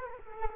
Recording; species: mosquito wingbeat signal from an infrared sensor; Culex quinquefasciatus